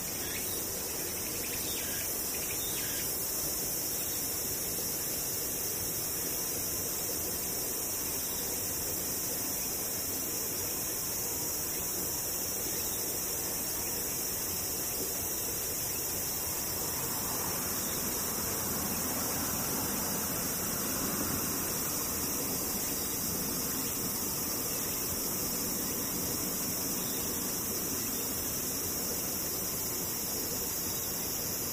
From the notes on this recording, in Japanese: ムシ